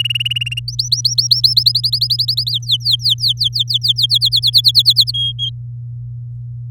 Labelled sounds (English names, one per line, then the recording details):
Domestic Canary song
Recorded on 4 May 2018 at 06:10
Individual llb16